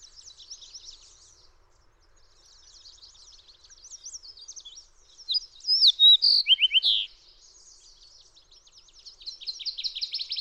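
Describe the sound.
Fox sparrow song: a single loud, melodious phrase of slurred whistles midway, surrounded by quieter, continuous high twittering from other small birds.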